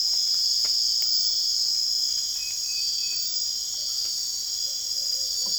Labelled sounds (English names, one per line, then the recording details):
none
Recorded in secondary vegetation near Puerto Asís, Putumayo, Colombia, on 30 June 2025 at 23:00
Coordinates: 0.485, -76.322
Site GP06